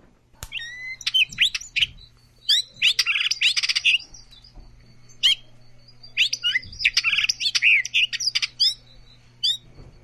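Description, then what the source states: Hooded Oriole song: bursts of slurred whistles mixed with harsh, buzzy chatters, delivered in several phrases separated by short pauses, over a faint low hum. Song described as a series of whistles, warbles and chatters; a social species.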